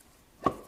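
A torque converter is turned further on an automatic transmission input shaft and drops onto the second set of splines, making a short, sharp click at 0.5 s against a quiet background. This is the second of three spline engagements, so the converter is only partly seated.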